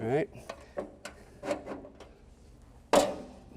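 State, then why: Seated. Someone talks as an adjustable stabilizer leg is pushed by its button and slid in its metal sleeve on a 2022 Venture RV Stratus SR261VRL Ultra-Lite travel trailer, with light sliding and rubbing sounds. A sharp metallic click at 2.9 s marks the spring pin snapping into a hole, and the leg is seated in place.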